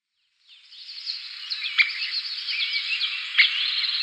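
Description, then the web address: Three-toed woodpecker giving two short, sharp call notes about a second and a half apart over a steady, dense hiss. "Schulze Peter Three-toed Woodpecker calls"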